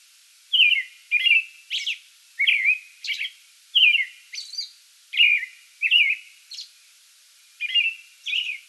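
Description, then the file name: American robin song of repeated caroling whistled phrases mixed with brief high-pitched squeals. Song bout recorded 8 May 2022. "2022-05-08 American Robin song bout"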